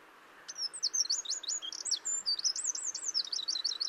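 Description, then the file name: Eurasian wren song, a rapid high warble of sweeping notes and looping trills, continuing energetically for over three seconds. "Troglodytes troglodytes"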